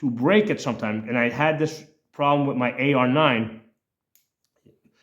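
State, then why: Seated. Someone talks for about the first 3.7 seconds, then there is quiet. A small metal firing pin retainer part in the rifle bolt, near the firing pin and its spring, is pushed back and snaps into its retained position with a sharp click at 4.1 s. Faint ticks follow near 4.4 s and 4.7 s.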